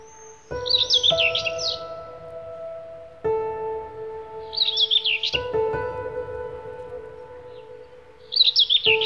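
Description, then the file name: Bird song: brisk twittering phrases of high, sliding notes recurring every few seconds over sustained low tonal hum. "Bird Song Group - Chirping"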